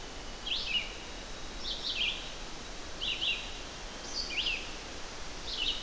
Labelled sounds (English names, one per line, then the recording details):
Red-eyed Vireo song
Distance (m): 10 m
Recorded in boreal forest in Alberta, Canada, on 12 June 2016 at 06:38
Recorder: SongMeter 3, array SBT-3-18
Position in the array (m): 234 m, 97 m